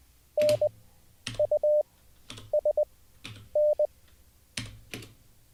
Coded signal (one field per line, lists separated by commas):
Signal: Morse code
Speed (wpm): 20 wpm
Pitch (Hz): 590 Hz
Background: none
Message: N U S N